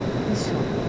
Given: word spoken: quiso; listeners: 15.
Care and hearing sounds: one Spanish word in noise, from a listening test; speech-shaped noise; -6.0 dB; 0 of 15; 11 of 15; 0.49 s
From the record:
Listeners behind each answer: 11, 1, 1, 1, 1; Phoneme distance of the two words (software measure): 10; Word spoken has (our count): 2 syllables, 4 phonemes, stress on syllable 1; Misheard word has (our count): 2 syllables, 4 phonemes, stress on syllable 1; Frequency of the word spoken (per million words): 65.99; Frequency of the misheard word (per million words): 62.99

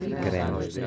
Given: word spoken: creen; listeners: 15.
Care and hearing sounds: one Spanish word in noise, from a listening test; eight-talker babble; 1.0 dB; 0 of 15; 8 of 15; 0.47 s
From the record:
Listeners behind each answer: 8, 2, 2, 1, 1, 1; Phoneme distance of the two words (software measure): 24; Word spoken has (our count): 2 syllables, 5 phonemes, stress on syllable 1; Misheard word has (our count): 3 syllables, 7 phonemes, stress on syllable 2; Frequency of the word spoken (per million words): 35.53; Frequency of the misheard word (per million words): 23.15

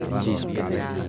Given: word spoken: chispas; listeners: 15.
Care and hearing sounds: one Spanish word in noise, from a listening test; eight-talker babble; -4.0 dB; 1 of 15; 8 of 15; 0.69 s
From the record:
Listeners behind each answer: 8, 2, 1, 1, 1, 1, 1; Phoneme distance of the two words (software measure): 7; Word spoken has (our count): 2 syllables, 6 phonemes, stress on syllable 1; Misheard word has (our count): 2 syllables, 5 phonemes, stress on syllable 1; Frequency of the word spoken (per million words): 3.41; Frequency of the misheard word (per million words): 5.25

